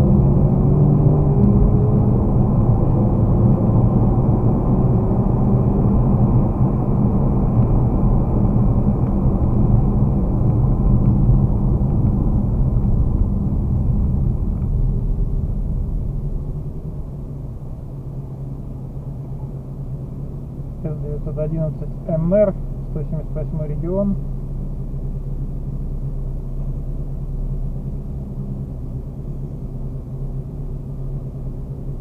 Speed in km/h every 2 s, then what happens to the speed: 51, 61, 66, 66, 64, 55, 42, 29, 14, 0, 0, 0, 0, 0, 0, 0.
0-4 speeds up to 66. 8-18 brakes to 0. 18-32 standing.